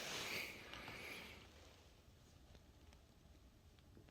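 A click-type torque wrench tightens a second bolt, with a broad hiss over the first second and a half. The wrench releases with a sharp click at 0.7 s, reaching its set torque, and faint light ticks follow in the quieter remainder.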